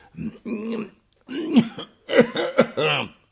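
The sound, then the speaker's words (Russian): A voice acts out a small, attention-seeking cough for a long rocket firework fixed to the end of a long stick: a string of short, throaty voiced bursts in three clusters separated by brief pauses, fairly loud and alone. “Кашляла длинная, высокомерная с виду ракета, прикрепленная к концу длинной палки.”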